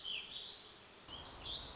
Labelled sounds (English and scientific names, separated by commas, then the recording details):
Warbling Vireo (Vireo gilvus)
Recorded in Sonoma County, California